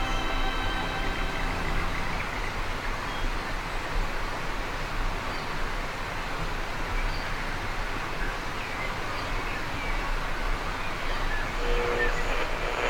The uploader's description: the sounds and atmosphere of the New Guinea rainforest